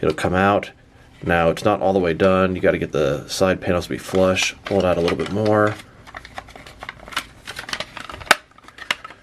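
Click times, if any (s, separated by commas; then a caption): 8.3 s. Someone talks while pulling the front wheel section of a plastic McFarlane DC Multiverse Batcycle (Batman Curse of the White Knight) action-figure motorcycle outward until its side panels sit flush with the body. Small plastic handling clicks follow, then the extending front section locks into its extended position with a loud plastic snap at 8.3 s, fully seated.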